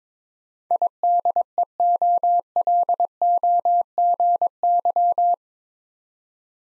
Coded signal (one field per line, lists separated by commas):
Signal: Morse code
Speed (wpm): 22 wpm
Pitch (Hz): 700 Hz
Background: none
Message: IDEOLOGY